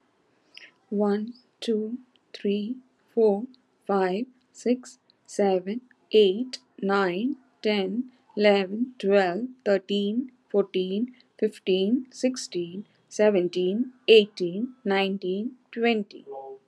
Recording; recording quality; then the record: counting at a normal pace; excellent, no background noise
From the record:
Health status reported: COVID-19 positive, mild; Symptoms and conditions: cough, fever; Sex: female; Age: 50 years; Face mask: not worn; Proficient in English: yes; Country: India